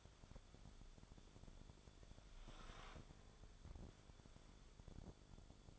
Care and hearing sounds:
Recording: daily activity, microphone in the room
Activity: wipe stove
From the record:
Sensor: 5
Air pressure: 1015.1 hPa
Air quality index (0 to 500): 140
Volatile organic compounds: 3 ppm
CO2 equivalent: 1510 ppm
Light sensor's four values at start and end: 35/82/33/35 and 35/83/34/36

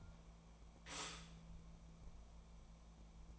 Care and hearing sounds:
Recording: daily activity, microphone in the room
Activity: stop toaster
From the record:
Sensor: 1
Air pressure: 1000.3 hPa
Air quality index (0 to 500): 158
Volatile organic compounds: 3 ppm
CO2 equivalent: 1481 ppm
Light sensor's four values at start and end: 23/57/24/28 and 23/57/24/28

